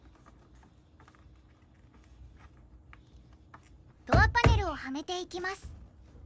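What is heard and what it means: An inner door trim panel is being refitted onto the door frame of a BMW 3 Series (F30) during a DIY door handle replacement, with its plastic clips lined up to push into the frame. Faint, sparse ticks and taps of handling sound over low background noise, then someone talks loudly from about 4.1 s to 5.7 s. Nothing has seated or clicked yet.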